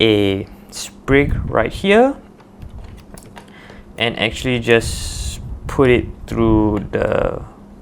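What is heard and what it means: A camera cable is handled and pushed toward a small plastic cable-management clip on a Canon C70 production rig built with SmallRig parts while someone talks. Brief handling ticks and taps are heard between phrases, around 2.4 s and 3.2–3.5 s. Nothing has seated or clicked yet.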